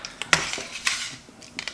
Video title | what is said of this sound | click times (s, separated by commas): Which one to buy? - Spearguns EXPLAINED | This part of the process is the same, clicks into place. | 0.3 s